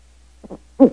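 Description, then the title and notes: Bird calling with two quick soft low notes, then one stronger, rougher hoot, over a constant faint low hum. Indonesian bird song. "Kumpulan Kicau Burung Indonesia"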